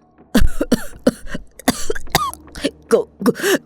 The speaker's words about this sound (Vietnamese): Hắn ta ho sặc sụa.